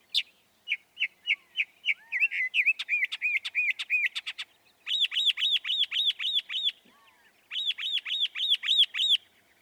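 Northern mockingbird song: a run of short repeated notes, then a faster stretch of mixed notes, then two quick series of bright arched notes, each note repeated several times.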